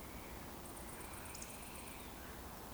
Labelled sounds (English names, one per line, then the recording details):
Eurasian Woodcock whistle
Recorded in Baden-Württemberg, Germany, on 23 June 2020 at 20:19 UTC
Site 14569, 102 m above sea level